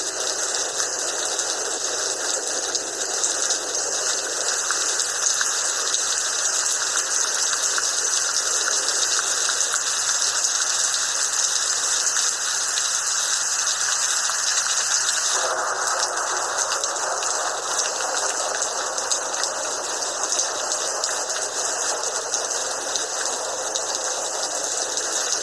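Light rain hisses steadily and densely throughout, its lower body thinning abruptly around fifteen seconds into a brighter, sharper patter.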